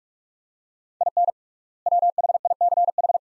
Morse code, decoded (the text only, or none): IN WHICH